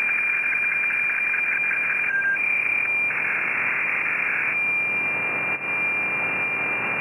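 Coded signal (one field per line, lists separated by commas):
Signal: weather fax (radiofax)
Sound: steady high whistle in hiss, briefly dropping to a lower tone once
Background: radio static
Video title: WeFax Valparaiso. Playa Ancha Punta Arenas Chile. 17. 144 Khz. Copiado En Buenos Aires. Argentina.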